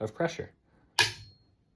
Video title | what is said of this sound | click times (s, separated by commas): How Coffee Pro Deep Cleans A Grinder (EK43 Edition) | click that's as much as it'll go let's do it here | 1.0 s